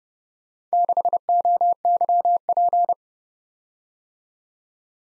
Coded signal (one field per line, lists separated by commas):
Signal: Morse code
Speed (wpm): 30 wpm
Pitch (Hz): 700 Hz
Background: none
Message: 6OYP